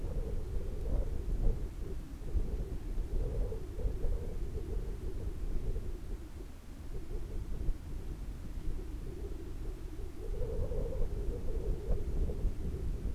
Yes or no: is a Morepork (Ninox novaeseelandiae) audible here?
no